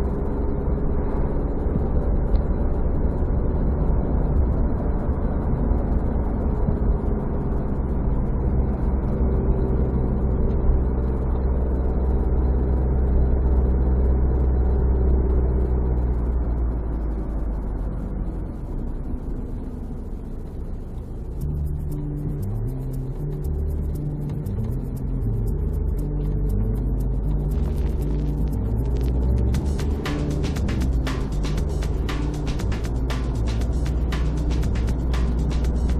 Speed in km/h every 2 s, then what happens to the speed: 52, 54, 54, 53, 47, 45, 45, 46, 41, 32, 17, 16, 17, 19, 26, 35, 42, 44.
0-7 steady at about 53. 7-9 brakes to 45. 9-15 steady at about 45. 15-20 brakes to 17. 21-36 speeds up to 44.